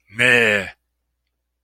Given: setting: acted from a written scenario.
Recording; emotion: vocal sound without words; contempt